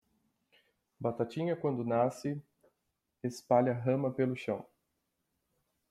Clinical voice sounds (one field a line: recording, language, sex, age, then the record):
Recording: short text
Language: Brazilian Portuguese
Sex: male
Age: 20 to 29 years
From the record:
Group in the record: control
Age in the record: 28 years